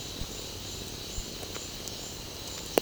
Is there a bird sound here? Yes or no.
no